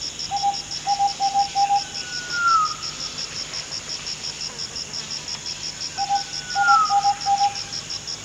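Fluffy-backed tit-babbler giving brief clusters of soft even-pitched notes and a falling whistled slur, repeated, with constant rhythmic insect buzzing high above.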